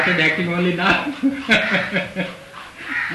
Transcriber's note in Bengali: laughter